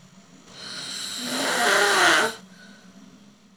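A single snore lasting about two seconds: a rough, rattling noise that builds in loudness on the in-breath, then cuts off into quiet. The fluttering comes from the soft tissues of the upper airway vibrating during sleep in an adult sleeper.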